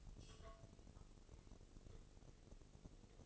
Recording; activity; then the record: daily activity, microphone in the room; take from stove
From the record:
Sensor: 4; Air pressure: 996.2 hPa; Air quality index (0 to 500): 79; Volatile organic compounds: 3 ppm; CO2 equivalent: 1499 ppm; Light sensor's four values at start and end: 18/49/19/20 and 18/49/19/20